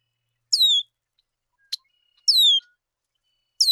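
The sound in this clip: Bird song: three clear whistles sliding down in pitch, each lasting under half a second, with a single sharp tick between the first two.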